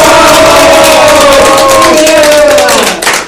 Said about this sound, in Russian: Я предлагаю нам, хозяевам, аплодисменты, а от рабов, пожалуйста, восторженные крики. Ура!